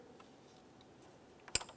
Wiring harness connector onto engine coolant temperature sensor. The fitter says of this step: listen for a click give it a tug to make sure it's secure